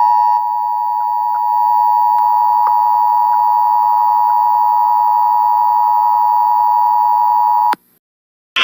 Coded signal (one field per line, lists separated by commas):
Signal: Emergency Alert System (SAME) tones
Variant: 853 and 960 Hz attention tone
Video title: EAS Severe T-Storm Warning For St. Louis Mo On 04-28-20.